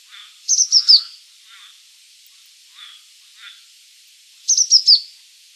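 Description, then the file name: Azure tit calls: short bursts of three or four high, descending chirps near the start and again near the end, with a few faint soft notes between. "cyanistes cyanus"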